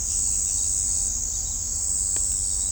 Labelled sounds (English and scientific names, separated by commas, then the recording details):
none
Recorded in shrubland near Pivijay, Magdalena, Colombia, on 2 June 2023 at 04:30
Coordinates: 10.453, -74.365
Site P5-G022